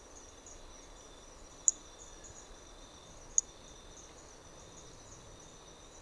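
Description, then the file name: Hermogenes's flea-toad calls: two brief, sharp, high-pitched notes about two seconds apart against a constant shrill insect chorus. Recorded at Trilha do Ipiranga; individual 4; the first four notes of the call were lost. "MHNCI Brachy hermogenesi Trilha do Ipiranga ind 4 four starting notes lost"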